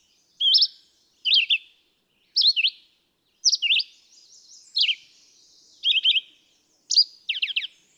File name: Red-eyed Vireo